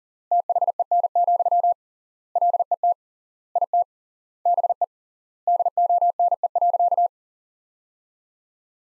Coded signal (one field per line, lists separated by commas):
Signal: Morse code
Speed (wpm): 40 wpm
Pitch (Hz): 700 Hz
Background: none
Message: THEN, LET IT BE DONE.